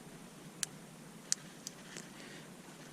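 An OEM plastic zip tie is pulled tight to clamp a new Hybridracing red alcantara shift boot around the shifter base, each ratchet tooth clicking as it engages. Sharp, bright ratchet clicks sound at 0.6, 1.3 and 1.7 seconds over a low steady background, followed by a fainter tick near 2.0 seconds. The zip tie tightens up and the boot is seated on the shifter base.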